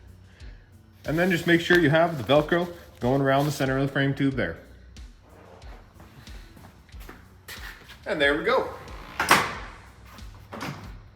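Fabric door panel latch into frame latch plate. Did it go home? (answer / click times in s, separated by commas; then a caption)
yes / 9.2 s, 9.3 s. Someone talks while a freshly installed fabric door panel is swung shut on a Honda Pioneer 1000 side-by-side. The door's latch catches on the frame latch plate with a slam and a click at 9.2 and 9.3 seconds, and the door latches properly.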